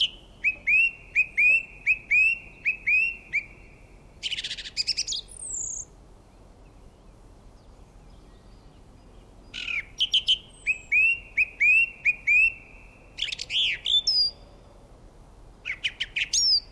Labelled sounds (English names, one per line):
Song Thrush song